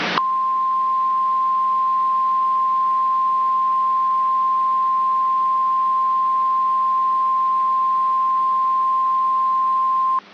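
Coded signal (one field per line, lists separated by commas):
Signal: Emergency Alert System (SAME) tones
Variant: 1050 Hz attention tone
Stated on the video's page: Fictional requested EAS mock alert containing SAME tones.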